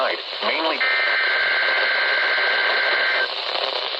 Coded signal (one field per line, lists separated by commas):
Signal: Emergency Alert System (SAME) tones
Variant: header bursts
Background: speech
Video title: 2 Required Weekly Tests (7/26/17) (EAS #179-180)